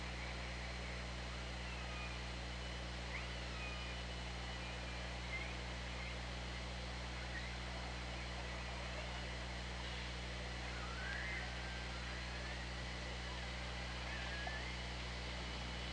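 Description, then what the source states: Orca calls underwater, thin rising and falling whistled sweeps scattered throughout, half buried under a loud low mechanical hum and hiss. OrcaLab hydrophone, 24 August 2017, 13:15.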